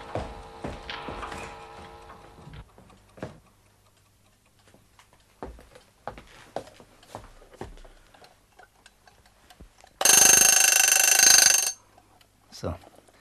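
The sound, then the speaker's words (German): An alarm clock in a bedroom is handled and set back an hour to 6: scattered mechanical clicks and ticking, then a loud, harsh bell rings steadily for under two seconds before cutting off, followed by a final click. “Jetzt fehlt noch der Wecker in seinem Schlafzimmer.”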